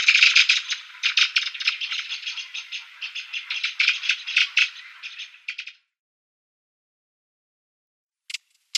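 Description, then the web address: Redwing giving a harsh, buzzy chattering rattle, dense runs of scratchy notes for about six seconds, then silence and two short sharp notes near the end. "Schulze Peter Redwing calls"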